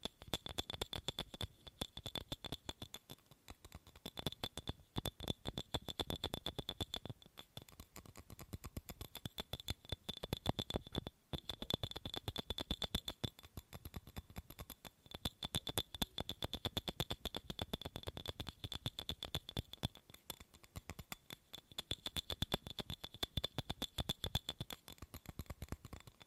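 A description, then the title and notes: Tapping on objects, dense runs of quick taps that thin out into slower, spaced strikes and then speed up again. Each tap is a short, sharp click, and a thin, steady high whine sits beneath throughout. ASMR Fast & Slow Tapping on 6 Objects No Talking.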